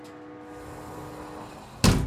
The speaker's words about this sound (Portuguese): Vou fechar a porta do corredor, meninos.